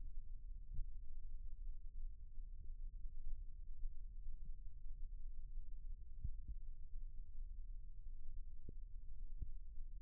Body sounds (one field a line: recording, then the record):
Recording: forearm muscle sounds (acoustic myography)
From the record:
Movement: rest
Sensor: system 1, eight BSWA MPA416 microphones around the upper forearm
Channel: 8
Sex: male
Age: 21 years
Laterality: right